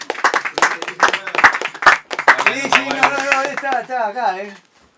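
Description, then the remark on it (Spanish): Audience applause of sharp, rhythmic hand claps over loud voices, fading after a couple of seconds as the voices carry on alone in long, wavering tones. “Aplausos.”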